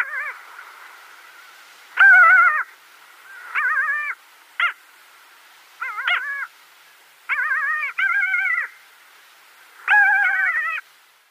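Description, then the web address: Pomarine skua calls, nasal wavering harmonic notes given in short bursts and longer drawn-out phrases, spaced irregularly every one to two seconds with quiet gaps between. A pair of Pomarine skuas calling at their nest. "Schulze Peter Pomarine Skua"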